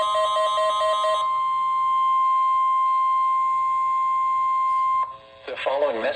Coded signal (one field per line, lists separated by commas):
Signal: Emergency Alert System (SAME) tones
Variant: 1050 Hz attention tone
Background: speech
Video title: EAS #294 (Child Abduction Emergency)